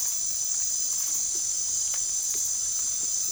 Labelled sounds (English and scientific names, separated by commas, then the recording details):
none
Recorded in secondary vegetation near Puerto Asís, Putumayo, Colombia, on 13 March 2025 at 23:30
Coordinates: 0.489, -76.322
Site G042